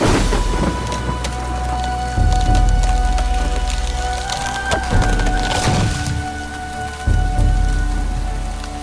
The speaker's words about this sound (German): Ist der Sturm für mich bestimmt, ja?